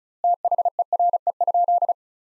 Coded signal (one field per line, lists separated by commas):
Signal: Morse code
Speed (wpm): 34 wpm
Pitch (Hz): 700 Hz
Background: none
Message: THERE?